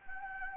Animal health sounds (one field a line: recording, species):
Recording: mosquito wingbeat signal from an infrared sensor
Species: Anopheles gambiae